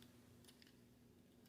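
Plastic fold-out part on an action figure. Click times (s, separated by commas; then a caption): 0.6 s. A folded-out plastic part on a Transformers TLK Voyager Optimus Prime action figure is pressed into position. A short, sharp snap is heard at 0.6 seconds, along with lighter plastic ticks and handling noise over a low hum. The part seats into place.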